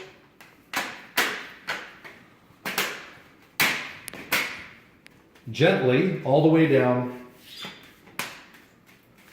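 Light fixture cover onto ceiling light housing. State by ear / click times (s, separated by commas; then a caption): seated / 8.2 s. After a new bulb is fitted, a light fixture cover is pressed gently in the middle and pushed all the way down onto the ceiling light housing while someone talks, with several handling knocks along the way. At 8.2 s one sharp click is heard as the cover seats onto its clips.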